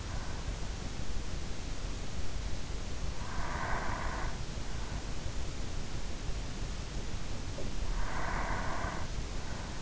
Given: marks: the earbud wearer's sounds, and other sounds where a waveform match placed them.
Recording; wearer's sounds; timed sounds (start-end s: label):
sounds in sleep by an in-ear microphone; breath
2.82-4.91 s: breath
7.90-9.82 s: breath